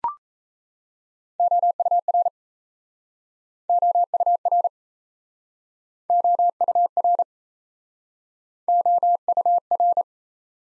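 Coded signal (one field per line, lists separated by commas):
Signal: Morse code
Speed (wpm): 38 wpm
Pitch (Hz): 700 Hz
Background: none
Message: OUR OUR OUR OUR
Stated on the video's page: Top 500 words Morse drill in speed-racing format, starting fast and slowing to a 28 wpm base.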